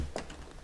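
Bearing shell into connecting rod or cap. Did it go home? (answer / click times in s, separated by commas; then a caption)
yes / 0.2 s, 0.3 s. An engine bearing shell for a 2002 Mustang GT is lined up by its locating tang and pressed into its seat in the connecting rod or cap. Two quiet, short clicks sound at 0.2 s and 0.3 s as the shell snaps into place and seats.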